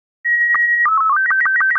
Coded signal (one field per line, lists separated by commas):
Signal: SSTV (slow-scan television)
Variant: Robot 36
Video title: How to build a cheap simple Radio Base with a (Baofeng) handheld transceiver and a SDR dongle